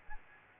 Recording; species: mosquito wingbeat signal from an infrared sensor; Aedes aegypti